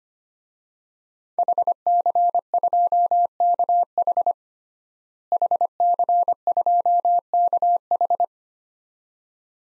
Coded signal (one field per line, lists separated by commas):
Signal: Morse code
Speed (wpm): 25 wpm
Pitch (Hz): 700 Hz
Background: none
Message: HC2KH HC2KH